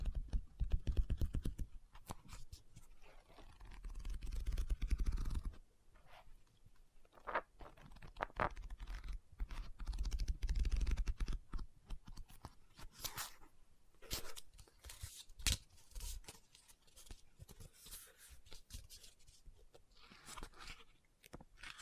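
Tapping and scratching on a book, with page-turning rustles, come as irregular short bursts; a dense, rumbling scratch fills the opening five seconds.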